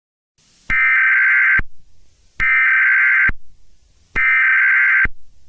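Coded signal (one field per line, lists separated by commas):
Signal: Emergency Alert System (SAME) tones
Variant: header bursts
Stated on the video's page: Fictional scenario; not a real alert.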